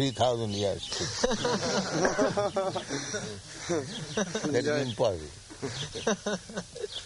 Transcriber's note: laughter